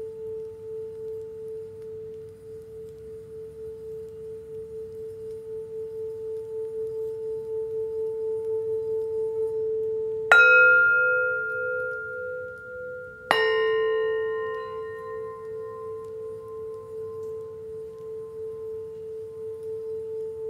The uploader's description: Asmr massage no Talking with tibetan singing bowls